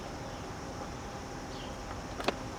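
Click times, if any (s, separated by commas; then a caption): none. A red RCA audio wire terminal from a zAutomotive TaZer AV kit is pushed into the radio harness connector of a Challenger's Uconnect 8.4 system over a steady low background hiss. Two brief faint taps sound at about 2.2 and 2.3 s, but the pin has not clicked or seated, which signals that something is wrong with the insertion.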